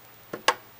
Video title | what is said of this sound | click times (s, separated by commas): TrvStr's tech tip #5 Installing ram | Push down again on the other side. You hear another click. | 0.5 s